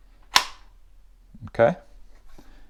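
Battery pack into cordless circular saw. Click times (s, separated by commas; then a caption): 0.4 s. A battery pack is slid along its grooves onto the rails of a Hart HPCS01 cordless circular saw and seats with a loud, sharp click at 0.4 s. Afterward, someone talks briefly.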